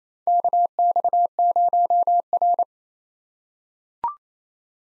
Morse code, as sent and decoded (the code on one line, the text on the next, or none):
-.- -..- ----- .-.
KX0R